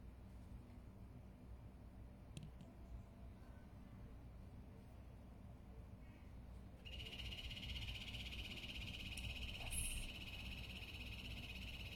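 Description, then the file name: Yellow-banded poison dart frog calling in a long, fast trill of rapidly pulsed high notes that starts midway and runs to the end, over a steady low hum. Recorded at Cerro Autana. "leucomelas cerro autana calling"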